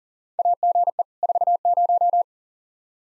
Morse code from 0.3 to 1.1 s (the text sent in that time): AGE